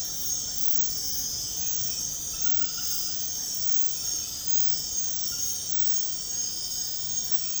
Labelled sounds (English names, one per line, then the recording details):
none
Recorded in secondary vegetation near Puerto Asís, Putumayo, Colombia, on 20 February 2024 at 02:30
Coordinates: 0.468, -76.324
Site G6381